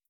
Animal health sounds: hydrophone in a shrimp aquaculture tank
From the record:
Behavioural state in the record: starved

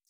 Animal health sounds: hydrophone in a shrimp aquaculture tank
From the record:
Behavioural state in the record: feeding

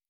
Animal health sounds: hydrophone in a shrimp aquaculture tank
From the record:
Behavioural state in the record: normal

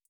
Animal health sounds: hydrophone in a shrimp aquaculture tank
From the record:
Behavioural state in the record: feeding

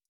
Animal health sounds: hydrophone in a shrimp aquaculture tank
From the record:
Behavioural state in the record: stressed

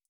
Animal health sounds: hydrophone in a shrimp aquaculture tank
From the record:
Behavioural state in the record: feeding

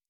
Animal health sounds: hydrophone in a shrimp aquaculture tank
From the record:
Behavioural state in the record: normal

